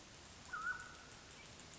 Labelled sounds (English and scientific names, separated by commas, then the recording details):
Mountain Quail (Oreortyx pictus)
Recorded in Sonoma County, California